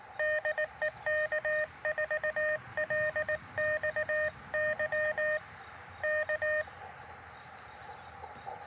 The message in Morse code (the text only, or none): DE K4LXY K